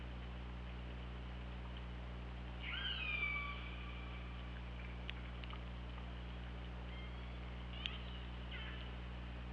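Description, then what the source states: Killer whale call, one strong harmonic call, then fainter sounds, over a steady low hum. OrcaLab hydrophone, 24 August 2017 at 21:20.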